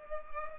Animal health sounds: mosquito wingbeat signal from an infrared sensor; Culex pipiens

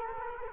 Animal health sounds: mosquito wingbeat signal from an infrared sensor; Culex quinquefasciatus

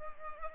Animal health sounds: mosquito wingbeat signal from an infrared sensor; Culex pipiens

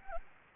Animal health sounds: mosquito wingbeat signal from an infrared sensor; Anopheles gambiae

